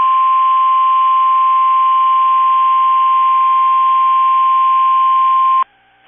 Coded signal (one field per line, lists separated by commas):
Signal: Emergency Alert System (SAME) tones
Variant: 1050 Hz attention tone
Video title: EAS 2268-2272 (4/5 & 4/6/23)